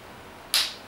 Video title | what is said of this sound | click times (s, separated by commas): Как заменить матрицу на ноутбуке Lenovo g505, g500 | щёлкнуло теперь Значит эти У меня вверх снимается | 0.5 s